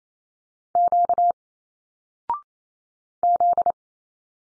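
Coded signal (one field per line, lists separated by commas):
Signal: Morse code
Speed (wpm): 28 wpm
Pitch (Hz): 700 Hz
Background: none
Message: Q Z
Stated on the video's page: Single-letter Morse drill at 28 wpm with a 0.6-second pause; each letter sent, spoken, then sent again.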